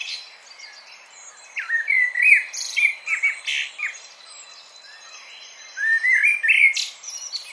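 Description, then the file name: Common blackbird song: a low melodious warble with rising and falling whistles and high twitters, then a second phrase after a short pause. "Turdus merula"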